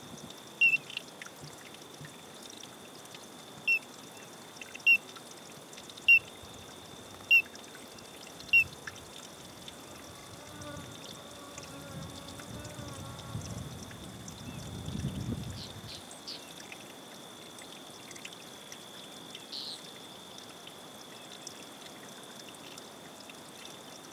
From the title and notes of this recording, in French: Chapada Diamantina - Oiseaux. Paysage sonore pris dans le parc Chapada Diamantina (Brésil).